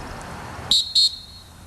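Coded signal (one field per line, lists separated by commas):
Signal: whistle signal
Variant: swiftwater rescue whistle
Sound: two short shrill whistle blasts, second slightly longer, after outdoor rumble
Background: outdoor rumble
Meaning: Two blasts: stop and look at me for instruction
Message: 2 short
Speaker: however if I want you to stop what you're doing that just means stop and look at me we don't have a problem just stop and look at me cuz I need to redirect you or correct something or give you further instruction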